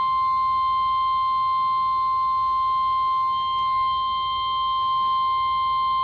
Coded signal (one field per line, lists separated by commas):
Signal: Emergency Alert System (SAME) tones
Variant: 1050 Hz attention tone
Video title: Marginals for Days || EAS Alerts from Sept. 7-9, 2023 || EAS 947-980